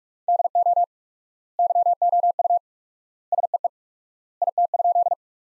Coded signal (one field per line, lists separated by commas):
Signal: Morse code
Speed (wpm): 46 wpm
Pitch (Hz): 700 Hz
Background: none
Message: DO YOU SEE IT?